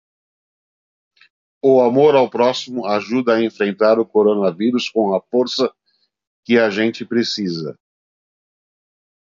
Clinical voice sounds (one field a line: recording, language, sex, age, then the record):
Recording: spoken sentence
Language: Brazilian Portuguese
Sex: male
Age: 50 to 59 years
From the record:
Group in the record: control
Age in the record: 56 years